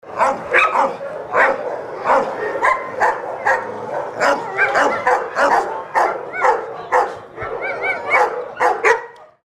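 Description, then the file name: Dog barking in a rapid, steady series of sharp, harmonic barks, with a few brief wavering whine-like tones near the end. "cane"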